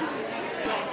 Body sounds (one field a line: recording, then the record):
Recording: coughing mixed with background sound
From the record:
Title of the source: 31 night wet cough